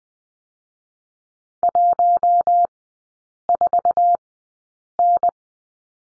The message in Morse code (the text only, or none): 14N